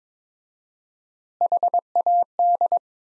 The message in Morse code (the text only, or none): HAD